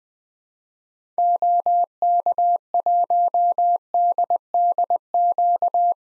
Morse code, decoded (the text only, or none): OK1DDQ